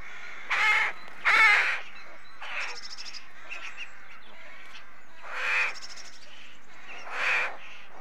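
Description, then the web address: Rook caws: harsh, hoarse calls, two close together near the start, then scattered single caws, with quieter chattering between them. Rookery with nests; birds at a breeding colony. "BBC Sound Effects Library. Rookery"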